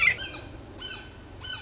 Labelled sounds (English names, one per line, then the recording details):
Red-shouldered Hawk
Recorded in Sonoma County, California